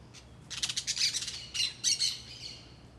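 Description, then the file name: Parakeet chattering in a rapid string of shrill, grating squawks that overlap, then a few separate harsh calls fading out. Several green parakeets, calling very distinctly in a residential block in Brasília. "Periquitos Verdes Muito Marcados em Quadra Residencial de Brasilia"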